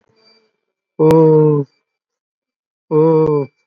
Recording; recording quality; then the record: sustained vowel as in boot; excellent, no background noise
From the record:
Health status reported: COVID-19 positive, mild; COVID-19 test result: positive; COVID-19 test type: RT-PCR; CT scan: not taken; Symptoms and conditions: cough, cold, breathing difficulty, fever, fatigue, muscle pain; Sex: male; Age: 80 years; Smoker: no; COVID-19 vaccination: none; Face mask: worn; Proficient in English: no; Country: India